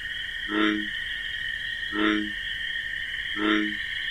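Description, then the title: Bullfrog uttering three low, humming croaks about 1.4 seconds apart, with steady high cricket chirping throughout. Nocturnal wetland with marsh grasses; bullfrog's deep 'jug-o-rum' call amid a chorus of crickets. "Bullfrog Sound. The Wondrous Wetlands"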